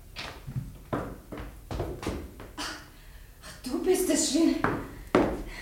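Slow, heavy footsteps thud across an empty room, a string of uneven steps, followed by a brief higher-pitched creak before the steps resume.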